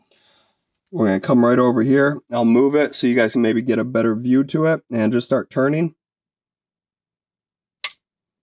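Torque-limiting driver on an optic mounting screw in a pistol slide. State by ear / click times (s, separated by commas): torque reached / 7.9 s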